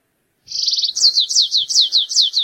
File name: canto do canario rasteiro